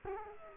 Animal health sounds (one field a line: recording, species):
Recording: mosquito wingbeat signal from an infrared sensor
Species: Culex quinquefasciatus